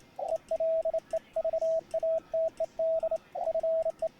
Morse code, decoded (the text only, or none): ELEVATED FE